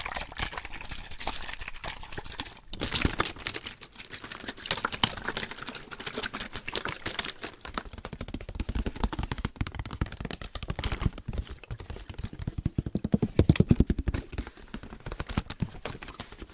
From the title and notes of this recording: ASMR Rhythmic Triggers with Waterbottles (Shaking, Tapping) No Talking.